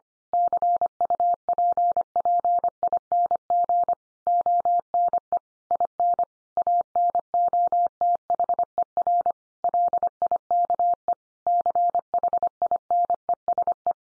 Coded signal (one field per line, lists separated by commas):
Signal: Morse code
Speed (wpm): 25 wpm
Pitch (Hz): 700 Hz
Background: none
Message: CUPPING ONE IN ANOTHER LIKE CHINESE